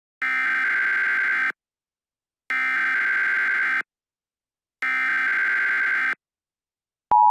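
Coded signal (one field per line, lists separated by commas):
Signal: Emergency Alert System (SAME) tones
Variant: header bursts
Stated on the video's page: EAS scenario mock, not a real alert.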